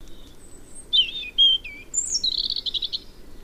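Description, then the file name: European robin song: a string of high, thin whistles and quick slurred notes, ending in a rapid trill of repeated notes, over faint low background rumble. "Erithacus rubecula"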